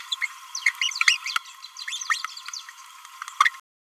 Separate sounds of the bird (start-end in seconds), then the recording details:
0.11-0.17, 0.22-0.27, 0.65-0.72, 0.82-0.92, 1.06-1.18, 1.88-1.99, 2.10-2.23, 3.40-3.45. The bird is a male. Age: 29 days. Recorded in a nest box in Venezuela. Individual 17B31A1